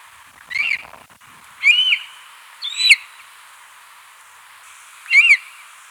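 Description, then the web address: Black-chested Buzzard-Eagle giving four separate shrill, harsh whistled notes, spaced irregularly over about five seconds, with a faint low rustle near the start. Ecuador. "Birds of Ecuador. Black-Chested Buzzard-Eagle"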